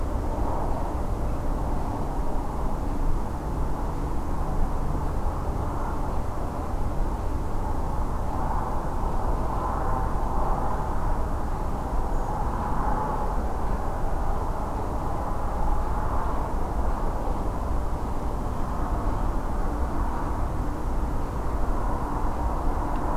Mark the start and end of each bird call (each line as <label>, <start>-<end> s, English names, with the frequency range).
Redwing (6.3-7.1 kHz), 12.10-12.30 s